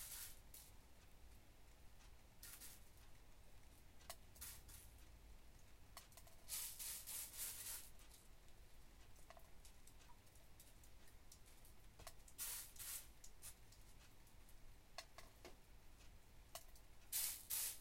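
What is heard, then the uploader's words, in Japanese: Wheat is sorted in rushing, rattling bursts every second or two, longer ones near 6–8 and 12–13 seconds, over a steady low hum and light rain. カエル鳴くしとしと雨の日に小麦選別。しとしと雨の日の午前中。カエルの鳴き声が多め。小麦にまざる草の種や茎を取り除いています。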